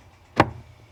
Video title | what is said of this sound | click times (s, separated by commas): 2002-2007 Jeep Liberty Blower Motor Replacement How To DIY | Now we'll turn it clockwise until we hear that lock into place. That's it. | 0.4 s